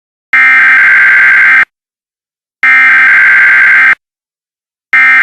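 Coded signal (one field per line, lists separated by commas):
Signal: Emergency Alert System (SAME) tones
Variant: header bursts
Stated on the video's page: Fictional EAS scenario made by a hobbyist.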